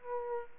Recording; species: mosquito wingbeat signal from an infrared sensor; Aedes aegypti